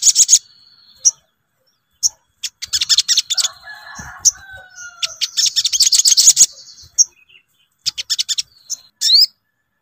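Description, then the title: Brown-throated sunbird song: scattered sharp chips building into long bursts of fast, high chattering, with lower slurred notes mixed in and a rising sweep at the end. Bird-song training recording (masteran), Labaik song variant. "Masteran Burung Sogok Ontong Labaik"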